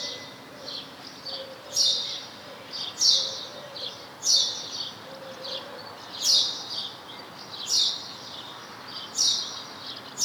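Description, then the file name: House sparrow calling, a steady series of short bright chirps spaced one to two seconds apart, with light background noise. "Passer domesticus"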